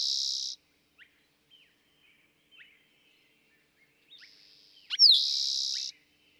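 Eastern towhee song, a loud buzzy trill ending at the start, scattered soft notes, then a softer buzz, a sharp slurred note and another loud trill.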